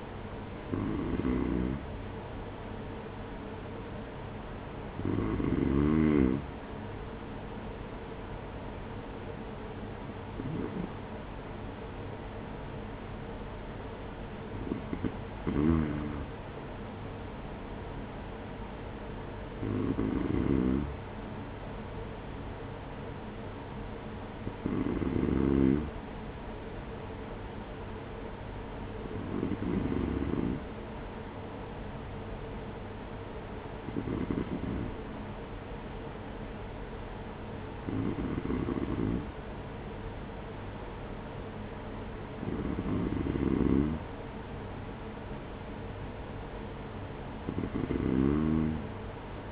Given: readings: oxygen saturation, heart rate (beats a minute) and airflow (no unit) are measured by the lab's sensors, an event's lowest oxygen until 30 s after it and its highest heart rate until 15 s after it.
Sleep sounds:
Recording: breathing in sleep by a voice recorder at the bedside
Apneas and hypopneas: none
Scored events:
none scored
From the record:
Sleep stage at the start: N2 (light sleep)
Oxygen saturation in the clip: 93 to 94%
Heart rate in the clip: 44 to 50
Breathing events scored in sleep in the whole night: 210 in 6.9 hours asleep

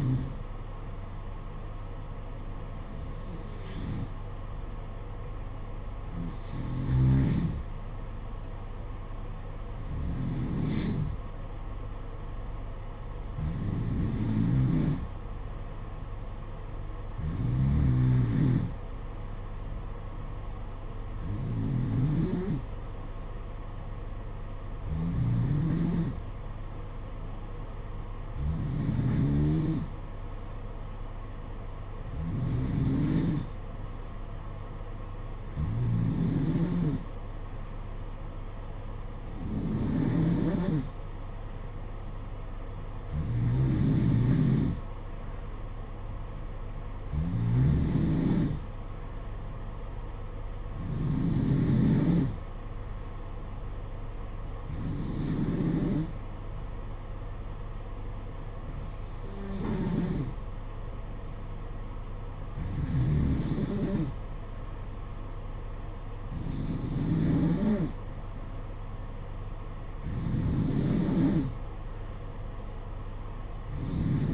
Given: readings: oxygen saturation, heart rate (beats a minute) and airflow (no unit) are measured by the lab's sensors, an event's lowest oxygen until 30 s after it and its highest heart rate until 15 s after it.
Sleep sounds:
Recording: breathing in sleep by a smartphone at the bedside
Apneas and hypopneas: none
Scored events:
none scored
From the record:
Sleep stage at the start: N2 (light sleep)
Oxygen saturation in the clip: 91 to 92%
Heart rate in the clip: 53 to 58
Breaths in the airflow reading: 20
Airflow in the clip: -6.7 to 4.1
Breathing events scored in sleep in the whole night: 476 in 9.7 hours asleep

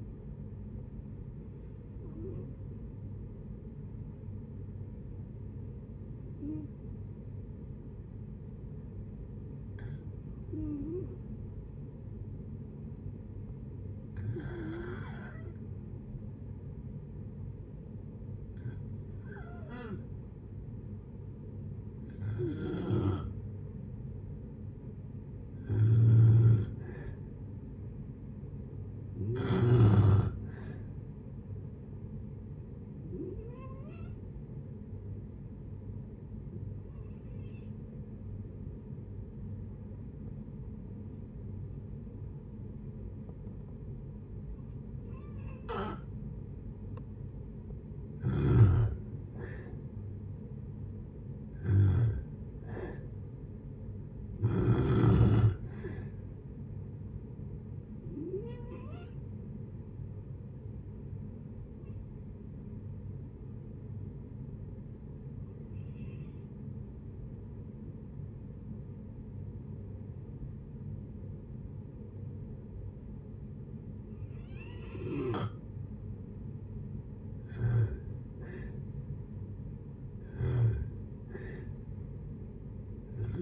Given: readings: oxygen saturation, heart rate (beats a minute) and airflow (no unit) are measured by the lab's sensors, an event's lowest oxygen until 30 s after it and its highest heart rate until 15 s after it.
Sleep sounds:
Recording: breathing in sleep by a smartphone at the bedside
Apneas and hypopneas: 3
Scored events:
3.00-25.80 s: hypopnea (N1, oxygen 97% highest, then 90% lowest, heart rate 60 at the start, 69 highest)
17.00-77.00 s: new sleep stage, N2 (light sleep)
33.00-49.90 s: hypopnea (N2, oxygen 94% highest, then 88% lowest, heart rate 69 at the start, 73 highest)
62.00-75.80 s: hypopnea (N2, oxygen 95% highest, then 86% lowest, heart rate 68 at the start, 71 highest)
77.00-83.42 s: new sleep stage, N1 (lightest sleep)
From the record:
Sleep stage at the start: N1 (lightest sleep)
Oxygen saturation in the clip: 87 to 97%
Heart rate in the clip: 57 to 73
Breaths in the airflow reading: 21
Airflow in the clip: -7.5 to 7.6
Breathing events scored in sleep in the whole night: 496 in 5.4 hours asleep

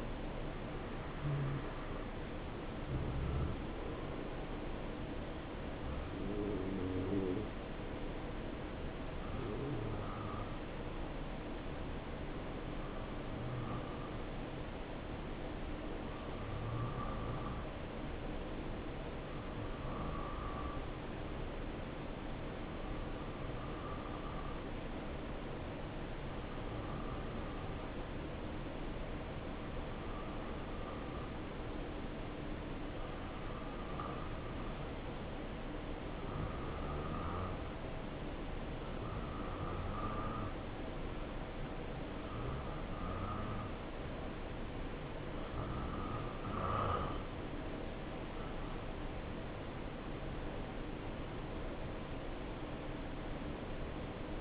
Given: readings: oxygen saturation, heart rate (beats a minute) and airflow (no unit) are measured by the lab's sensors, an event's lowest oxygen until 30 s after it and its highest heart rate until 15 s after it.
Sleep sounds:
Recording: breathing in sleep by a voice recorder at the bedside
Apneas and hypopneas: 1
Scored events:
10.00-46.60 s: hypopnea (N2, oxygen 94% highest, then 86% lowest, heart rate 70 at the start, 76 highest)
From the record:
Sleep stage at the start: N2 (light sleep)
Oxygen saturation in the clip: 87 to 94%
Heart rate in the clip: 66 to 76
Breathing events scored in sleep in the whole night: 277 in 7.4 hours asleep

